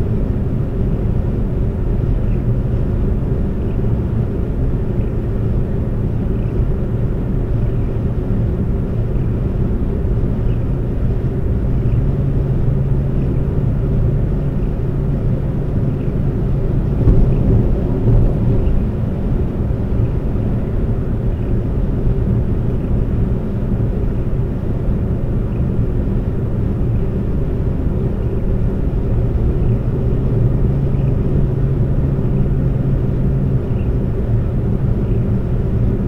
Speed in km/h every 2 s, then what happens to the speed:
130, 130, 130, 130, 130, 130, 130, 130, 130, 130, 130, 132, 132, 132, 130, 130, 132, 130.
0-36 steady at about 130.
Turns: none.